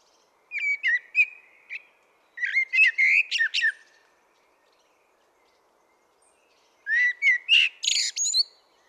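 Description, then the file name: Common blackbird song: three phrases of fluted whistles mixed with thin, scratchy high notes, separated by quiet pauses. "Turdus merula"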